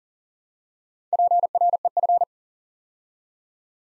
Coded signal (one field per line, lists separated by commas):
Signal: Morse code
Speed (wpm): 40 wpm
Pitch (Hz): 700 Hz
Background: none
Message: PREF